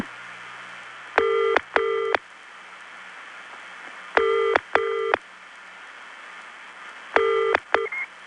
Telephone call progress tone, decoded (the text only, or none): ringback tone